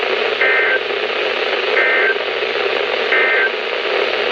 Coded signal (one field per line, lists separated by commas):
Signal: Emergency Alert System (SAME) tones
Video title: EAS #114-#119: Flash Flood Watch and Some Others | KHB36 & WNG736